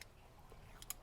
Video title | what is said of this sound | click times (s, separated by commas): Ford Transit Connect DIY Camper Van Re-Build #2 Sofa Lounger/Bed | it closes and it locks in place, so it won't actually unfold until | 0.9 s